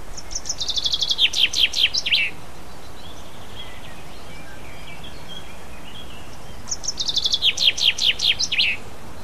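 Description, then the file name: Common chaffinch delivering two complete songs separated by a long pause, each a run of high notes dropping in pitch and ending in an emphatic flourish. "pinson"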